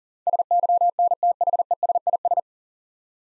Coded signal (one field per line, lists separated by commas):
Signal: Morse code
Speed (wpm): 40 wpm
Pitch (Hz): 700 Hz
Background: none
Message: SYNTHESIS